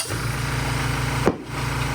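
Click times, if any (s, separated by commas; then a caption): 1.3 s. A motorcycle tire is inflated quickly with an air compressor, with glass cleaner sprayed along both sides of the bead, over a steady low hum. At 1.3 seconds, a sharp pop sounds as the rubber tire bead snaps onto the metal rim and seats. Someone talks.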